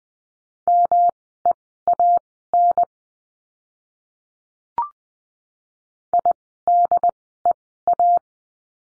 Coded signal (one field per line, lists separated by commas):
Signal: Morse code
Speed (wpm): 20 wpm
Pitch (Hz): 700 Hz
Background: none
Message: MEAN IDEA